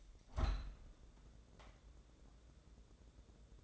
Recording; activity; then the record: daily activity, microphone in the room; open window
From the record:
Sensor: 3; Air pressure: 1012.3 hPa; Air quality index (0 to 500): 118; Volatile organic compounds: 1 ppm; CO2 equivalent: 919 ppm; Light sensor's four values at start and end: 176/424/173/160 and 176/423/173/160